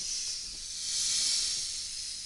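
A swamp cobra coiled around a man's head hisses in one long, steady, breathy rush of high-pitched air that swells louder midway and then eases off slightly, with no voices.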